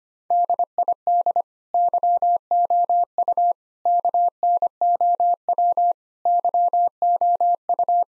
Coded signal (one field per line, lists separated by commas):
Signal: Morse code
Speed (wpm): 25 wpm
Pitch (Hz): 700 Hz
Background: none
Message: DID YOU KNOW YOU